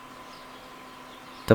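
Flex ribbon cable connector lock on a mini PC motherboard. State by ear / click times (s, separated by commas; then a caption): not seated / none. A flat flex ribbon cable has been reinserted into its board connector on a mini PC motherboard, and its small plastic locking flap is being handled to press it down. A quiet steady hum with faint tones plays before a brief handling noise right at the end, around 1.5 s. Nothing has seated or clicked yet.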